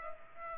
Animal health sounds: mosquito wingbeat signal from an infrared sensor; Culex pipiens

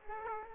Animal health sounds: mosquito wingbeat signal from an infrared sensor; Aedes aegypti

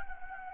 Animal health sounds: mosquito wingbeat signal from an infrared sensor; Anopheles gambiae

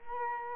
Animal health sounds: mosquito wingbeat signal from an infrared sensor; Culex quinquefasciatus

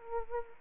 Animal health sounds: mosquito wingbeat signal from an infrared sensor; Anopheles arabiensis

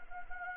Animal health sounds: mosquito wingbeat signal from an infrared sensor; Anopheles arabiensis

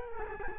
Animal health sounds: mosquito wingbeat signal from an infrared sensor; Culex quinquefasciatus

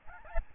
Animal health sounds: mosquito wingbeat signal from an infrared sensor; Aedes albopictus

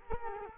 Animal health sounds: mosquito wingbeat signal from an infrared sensor; Culex quinquefasciatus

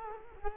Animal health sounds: mosquito wingbeat signal from an infrared sensor; Culex quinquefasciatus

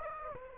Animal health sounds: mosquito wingbeat signal from an infrared sensor; Aedes aegypti

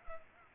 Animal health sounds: mosquito wingbeat signal from an infrared sensor; Culex pipiens

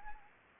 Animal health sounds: mosquito wingbeat signal from an infrared sensor; Anopheles gambiae

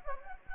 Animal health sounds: mosquito wingbeat signal from an infrared sensor; Anopheles gambiae

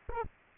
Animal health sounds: mosquito wingbeat signal from an infrared sensor; Aedes albopictus

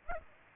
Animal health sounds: mosquito wingbeat signal from an infrared sensor; Aedes aegypti

